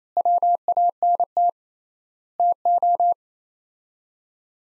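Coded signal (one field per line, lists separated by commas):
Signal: Morse code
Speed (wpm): 28 wpm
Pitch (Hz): 700 Hz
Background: none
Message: WANT TO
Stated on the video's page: Morse practice of four-word sets at 28 wpm with 3x word spacing, a Farnsworth-like method, each set sent, spoken, then sent again.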